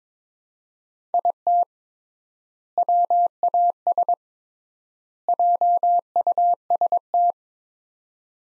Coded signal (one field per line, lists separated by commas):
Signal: Morse code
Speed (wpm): 22 wpm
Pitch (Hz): 700 Hz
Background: none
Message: IT WAS JUST